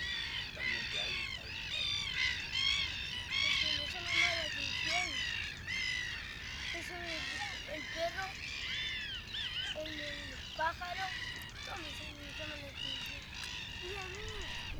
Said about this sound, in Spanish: Era por el sonido de las aves, sí sería de día, si no.